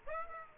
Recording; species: mosquito wingbeat signal from an infrared sensor; Aedes aegypti